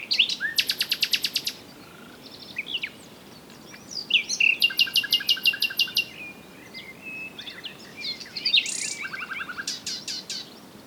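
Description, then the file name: Common nightingale song: rapid rattling bursts of repeated notes and varied trills and buzzy phrases, with quiet background noise. "Luscinia megarhynchos"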